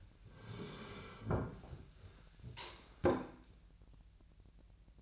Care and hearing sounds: daily activity, microphone in the room; sit down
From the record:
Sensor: 2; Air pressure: 1001.4 hPa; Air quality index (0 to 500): 242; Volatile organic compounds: 75 ppm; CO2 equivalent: 3565 ppm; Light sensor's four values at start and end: 9/22/9/10 and 11/27/11/12

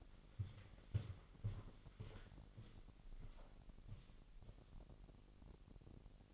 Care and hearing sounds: daily activity, microphone in the room; walk to room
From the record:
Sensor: 4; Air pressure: 1002.8 hPa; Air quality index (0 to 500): 250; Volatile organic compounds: 11 ppm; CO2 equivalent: 2322 ppm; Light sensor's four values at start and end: 9/20/8/8 and 9/22/9/9

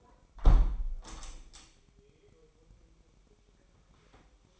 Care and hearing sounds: daily activity, microphone in the room; close window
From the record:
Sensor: 1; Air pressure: 998.0 hPa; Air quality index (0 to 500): 132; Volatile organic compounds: 4 ppm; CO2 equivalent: 1580 ppm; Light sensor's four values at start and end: 17/56/22/23 and 17/56/22/23

